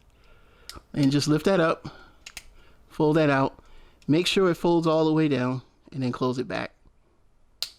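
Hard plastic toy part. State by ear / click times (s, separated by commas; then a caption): seated / 7.6 s. Someone talks while handling a transforming plastic action figure during its change to robot mode, lifting and folding out a section and then closing the folded-out plastic panel back. A few faint clicks sound along the way, and at 7.6 s a sharp click is heard as the panel snaps into its locked position.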